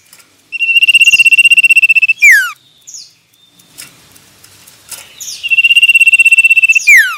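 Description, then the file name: Common iora song: two phrases, each a long buzzy trilled whistle on one steady pitch for about a second and a half, ending in a sharp falling slur, with a pause of a few seconds between. Male. "suara burung cipoh jantan"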